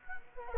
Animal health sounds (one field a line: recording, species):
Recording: mosquito wingbeat signal from an infrared sensor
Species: Culex quinquefasciatus